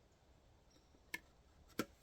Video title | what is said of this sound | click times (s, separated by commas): Canoe Gear: The Pond Hopping Kit | it'll go together it locks in place and I'm ready to go | 1.1 s, 1.8 s